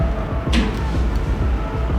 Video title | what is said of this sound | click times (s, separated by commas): Unagi Scooters: Unboxing Model One | Snaps right into place. | 0.5 s